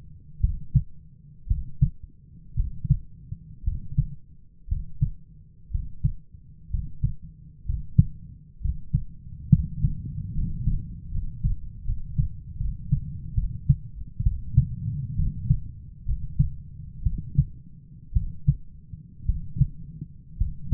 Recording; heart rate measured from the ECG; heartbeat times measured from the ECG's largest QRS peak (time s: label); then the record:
heart sounds by stethoscope; 63 bpm
0.40 s: heartbeat
1.47 s: heartbeat
2.56 s: heartbeat
3.63 s: heartbeat
4.68 s: heartbeat
5.70 s: heartbeat
6.70 s: heartbeat
7.65 s: heartbeat
8.60 s: heartbeat
9.50 s: heartbeat
10.33 s: heartbeat
11.10 s: heartbeat
11.84 s: heartbeat
12.57 s: heartbeat
13.34 s: heartbeat
14.23 s: heartbeat
15.16 s: heartbeat
16.05 s: heartbeat
17.03 s: heartbeat
18.13 s: heartbeat
19.26 s: heartbeat
20.37 s: heartbeat
From the record:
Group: healthy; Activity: rest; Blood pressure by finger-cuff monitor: 127/74 mmHg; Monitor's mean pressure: 93 mmHg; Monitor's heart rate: 62 bpm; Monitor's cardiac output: 6.9 L/min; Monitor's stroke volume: 108 mL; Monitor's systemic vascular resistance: 980 dyn s/cm5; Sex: male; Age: 23 years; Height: 178 cm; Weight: 96.6 kg